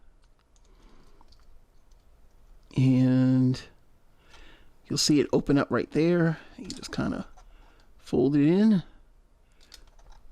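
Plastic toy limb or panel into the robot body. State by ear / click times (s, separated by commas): seated / 9.7 s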